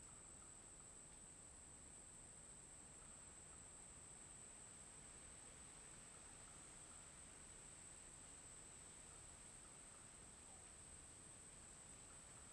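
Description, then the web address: Cricket trill ringing steadily at a high pitch, with wind and rustling foliage filling the background. Daytime forest ambience with an oscillating cricket and wind in leaves, Tocantins. "Ambiente na mata dia com grilo oscilante e vento com folhas. tocantins"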